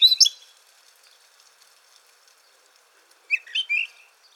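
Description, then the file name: Eurasian blackcap calling: a brief burst of high, scratchy notes at the start, then quiet, then a few sharp warbled notes after three seconds. "Sylvia atricapilla"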